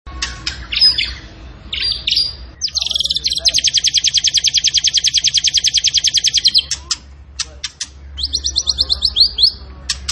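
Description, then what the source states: Zebra finch song featuring a long, fast buzzing trill of rapidly repeated notes lasting several seconds, framed by harsh nasal calls and a shorter trill near the end. Cage bird in vigorous song, used for training other birds to sing.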